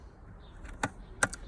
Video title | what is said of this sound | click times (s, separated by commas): Kayhan Holden VE Series 1 (Pontiac G8) Touch Screen Navigation 2019 Installation | It makes that click sound, and yes, it does lock in. | 1.2 s